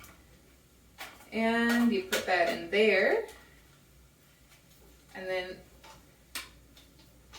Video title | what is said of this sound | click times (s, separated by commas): NEW Method for Prepping Onions for Freezer Meals - 45 onions! | got a snap in there haha it snaps into place | 6.4 s